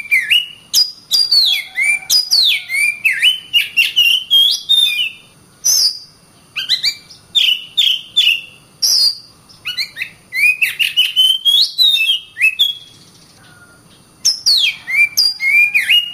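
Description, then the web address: Oriental magpie-robin in long, loud, varied song: fluty whistles bending down and up, interspersed with harsh clicks and chips, with brief pauses between bursts. Loud song used as masteran to train other songbirds. "Suara kacer ngplong keras. masteran burung kacer"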